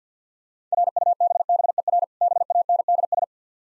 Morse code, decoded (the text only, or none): RUBBER BANDS